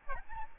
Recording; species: mosquito wingbeat signal from an infrared sensor; Aedes albopictus